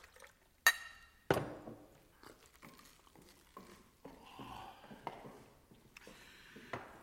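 Two sharp glassy clinks ring out, followed by a steady splashing trickle of water being poured into a glass, its tone gradually rising as it fills, ending with another light clink.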